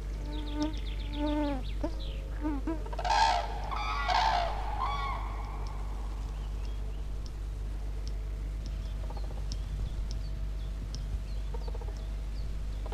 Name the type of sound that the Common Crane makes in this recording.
call